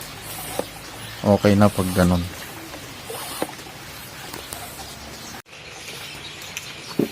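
A mountain bike tire is inflated on its rim until the bead seats, reaching only 50 PSI. Someone talks early on, then sharp snaps of the bead popping onto the rim are heard at about 4.5 and 6.6 seconds. The tire is seated.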